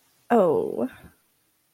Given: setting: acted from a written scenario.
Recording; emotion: vocal sound without words; embarrassment